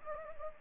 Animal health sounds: mosquito wingbeat signal from an infrared sensor; Anopheles gambiae

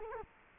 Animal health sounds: mosquito wingbeat signal from an infrared sensor; Culex quinquefasciatus

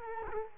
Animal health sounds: mosquito wingbeat signal from an infrared sensor; Culex quinquefasciatus

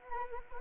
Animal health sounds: mosquito wingbeat signal from an infrared sensor; Anopheles arabiensis

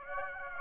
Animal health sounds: mosquito wingbeat signal from an infrared sensor; Aedes aegypti

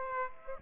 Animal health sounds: mosquito wingbeat signal from an infrared sensor; Aedes aegypti

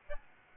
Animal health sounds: mosquito wingbeat signal from an infrared sensor; Aedes albopictus

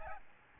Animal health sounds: mosquito wingbeat signal from an infrared sensor; Aedes albopictus

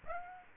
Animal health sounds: mosquito wingbeat signal from an infrared sensor; Aedes aegypti

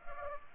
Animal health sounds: mosquito wingbeat signal from an infrared sensor; Culex pipiens

